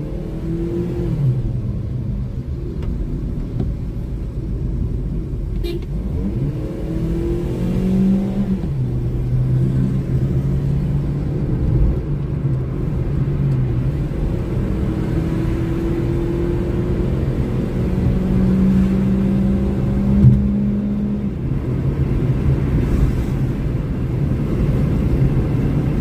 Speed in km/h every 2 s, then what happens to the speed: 48, 42, 37, 55, 66, 75, 73, 84, 92, 100, 106, 110, 115.
0-4 slows to 37. 4-26 speeds up to 115.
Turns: none.